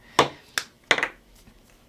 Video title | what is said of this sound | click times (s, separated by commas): Let's Make a Bird Puppet using Origami with Artsy Rose! | Remember, every time we put our lids on, we listen for the click, because if you don't hear the click, it's not really shut. | 0.2 s, 0.9 s